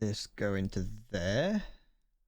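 A plastic model kit part is handled next to its socket on the arm frame of a Full Mechanics Gundam Aerial while someone talks. Nothing has seated or clicked yet; the clip ends just before the part goes home.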